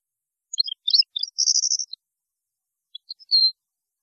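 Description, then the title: European goldfinch song: a few sharp chirps leading into a buzzy rattling trill, then quiet before a few thin notes and a drawn-out tone. "Chant Chardonneret"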